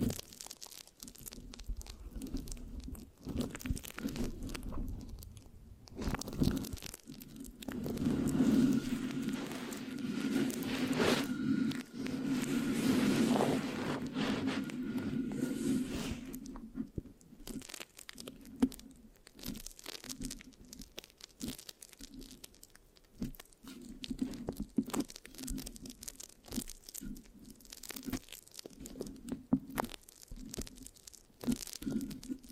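Mic scratching with a sticky, crunchy texture, made of dense rapid scrapes and crackles that run throughout. From about 7 to 16 seconds a steady low hum rises under the scratching and the rubbing grows fuller, then the clip returns to sparser, sharper crinkling taps.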